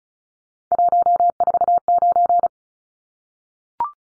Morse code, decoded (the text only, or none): 149